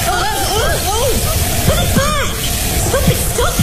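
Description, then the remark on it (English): Water sprays out in a steady, loud hissing rush from a broken main water pipe of a hotel, continuous throughout, with overlapping voices crying out above the noise. “It's the main water pipe for the hotel. That idiot Ronald broke it.”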